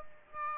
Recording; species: mosquito wingbeat signal from an infrared sensor; Aedes aegypti